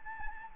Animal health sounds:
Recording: mosquito wingbeat signal from an infrared sensor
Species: Anopheles gambiae

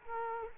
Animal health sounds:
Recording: mosquito wingbeat signal from an infrared sensor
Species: Culex quinquefasciatus

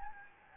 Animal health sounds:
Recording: mosquito wingbeat signal from an infrared sensor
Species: Anopheles gambiae

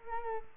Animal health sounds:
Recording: mosquito wingbeat signal from an infrared sensor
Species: Culex quinquefasciatus

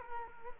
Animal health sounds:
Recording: mosquito wingbeat signal from an infrared sensor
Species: Culex quinquefasciatus

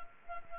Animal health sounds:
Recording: mosquito wingbeat signal from an infrared sensor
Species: Anopheles arabiensis

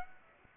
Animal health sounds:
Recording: mosquito wingbeat signal from an infrared sensor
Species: Aedes aegypti

